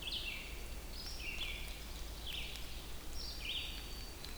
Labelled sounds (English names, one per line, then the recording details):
Red-eyed Vireo song
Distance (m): 65 m
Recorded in boreal forest in Alberta, Canada, on 2 June 2016 at 07:48
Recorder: SongMeter 3, array SBT-3-7
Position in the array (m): 84 m, 124 m